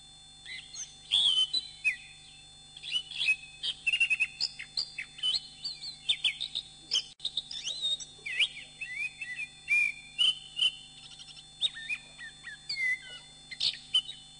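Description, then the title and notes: Bird song, lively run of clear whistled notes, upslurs and scratchy chatter in short phrases, repeated throughout, over a faint continuous hum. Birdsong used for training birds. "MASTERAN BURUNG. suarane manok"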